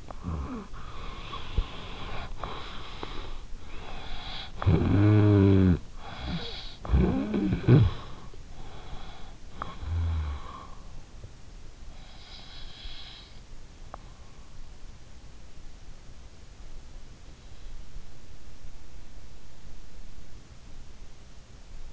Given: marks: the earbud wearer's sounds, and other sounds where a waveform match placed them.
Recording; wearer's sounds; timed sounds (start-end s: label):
sounds in sleep by an in-ear microphone; breath, snoring breath
0.00-3.53 s: breath
3.53-8.51 s: snoring breath
8.51-13.94 s: breath